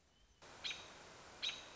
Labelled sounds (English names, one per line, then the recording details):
American Robin
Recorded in Sonoma County, California